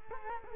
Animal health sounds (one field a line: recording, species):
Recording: mosquito wingbeat signal from an infrared sensor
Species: Culex quinquefasciatus